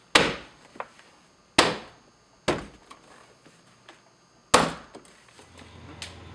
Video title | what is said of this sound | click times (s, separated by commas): VW GTI MK5 4 Door LED Puddle Light DIY - USP Motorsports | and we'll get our Clips locked into place | 0.2 s, 1.6 s, 4.5 s